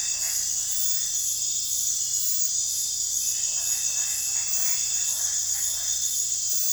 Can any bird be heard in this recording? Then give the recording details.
no. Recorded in pastures near Puerto Asís, Putumayo, Colombia, on 16 December 2024 at 22:00. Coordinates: 0.466, -76.322. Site G040